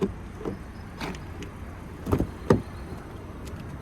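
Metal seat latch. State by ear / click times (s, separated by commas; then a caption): seated / 2.5 s. A rear seatback in a 2022 Audi Q5 Prestige S Line is folded flat and latches into its locked folded position; it releases by pulling up. Light knocks and rustling are heard, with a louder thump at about 2.1 seconds. The sharpest, loudest click at 2.5 seconds is the seat locking into place.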